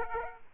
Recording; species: mosquito wingbeat signal from an infrared sensor; Aedes aegypti